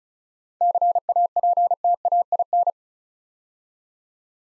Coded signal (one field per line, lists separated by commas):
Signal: Morse code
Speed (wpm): 36 wpm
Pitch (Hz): 700 Hz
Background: none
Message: CAPTAIN